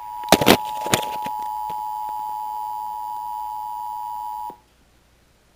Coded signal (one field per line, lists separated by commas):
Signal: Emergency Alert System (SAME) tones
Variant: 853 and 960 Hz attention tone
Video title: EAS Severe Thunderstorm Warning 6 27 2020 3